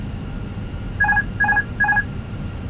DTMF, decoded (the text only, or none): none